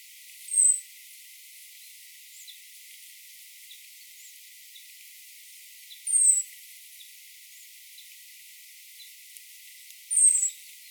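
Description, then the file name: European robin producing high, thin, slightly descending whistled notes repeated every four to six seconds, three calls in all against a quiet background with faint ticks. "Erithacus rubecula"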